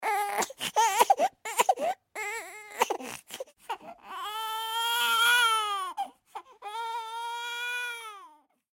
Baby crying.